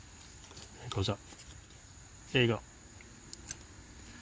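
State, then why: Seated. A plastic retaining clip is pushed up into its mount in the engine bay of a 2007 Chrysler 300 while parts are reinstalled after replacing rotted brake lines from the ABS to the master cylinder. Someone talks, then two sharp clicks come at 3.3 and 3.5 seconds as the clip snaps into place and seats.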